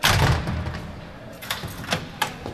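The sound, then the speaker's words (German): A heavy steel door closes with a loud thud, followed by a few sharp clicks and clunks spaced over the next second or so, as a female officer unlocks and relocks several doors in a forensic psychiatric unit. “Eine Beamtin schließt mehrere Türen auf und wieder zu.”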